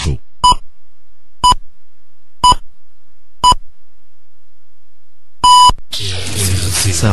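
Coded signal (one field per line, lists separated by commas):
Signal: radio time signal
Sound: four short beeps one second apart, a pause, one longer beep, then voice or music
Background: speech or music after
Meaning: The final long pip marks the exact start of the hour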